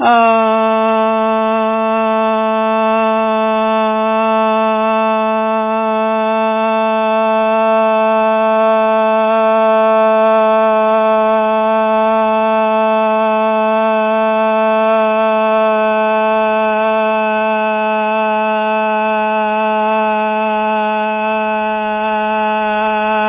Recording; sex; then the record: sustained vowel /a/; male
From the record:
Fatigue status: no fatigue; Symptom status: asymptomatic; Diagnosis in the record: COVID-19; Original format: 3gp